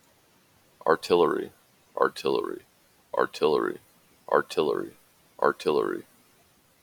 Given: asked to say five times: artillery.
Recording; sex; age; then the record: repeated word; male; 30 to 39 years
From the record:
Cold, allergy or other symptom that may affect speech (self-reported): no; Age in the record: 39 years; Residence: Utah, United States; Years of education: 12